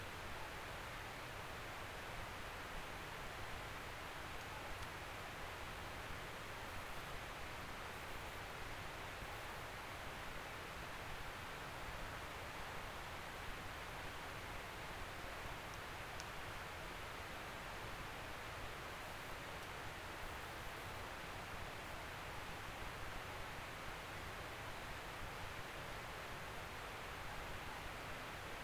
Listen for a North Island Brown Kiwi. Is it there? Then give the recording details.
no. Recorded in New Zealand on 17 November 2013. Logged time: 03:42. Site BS16